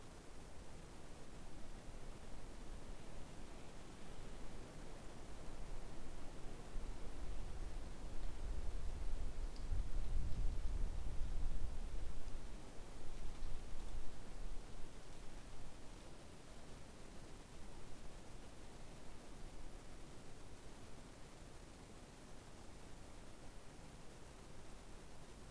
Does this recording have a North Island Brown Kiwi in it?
no